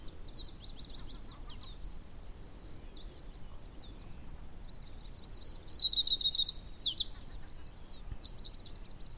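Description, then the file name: Eurasian wren song: quiet high notes at first, then loud, rapid, tinkling high trills and rattles in quick bursts over the last few seconds. "Troglodytes troglodytes"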